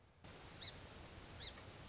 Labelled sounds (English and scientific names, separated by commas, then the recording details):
Song Sparrow (Melospiza melodia)
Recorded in Sonoma County, California